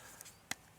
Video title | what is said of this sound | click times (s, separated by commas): Baseus 30 Max - The Best Cheap Headphones? | that snap is very nice because it means that it's stable | 0.5 s